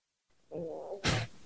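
Half-second low gurgling rumble, then a brief louder burst: an adult's stomach growling, an ordinary digestive sound, loud enough at first to be mistaken for flatulence.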